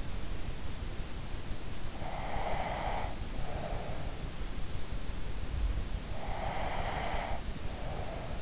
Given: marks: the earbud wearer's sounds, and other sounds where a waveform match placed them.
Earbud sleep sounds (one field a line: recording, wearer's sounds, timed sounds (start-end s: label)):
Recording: sounds in sleep by an in-ear microphone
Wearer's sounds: breath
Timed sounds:
1.99-4.04 s: breath
6.06-8.42 s: breath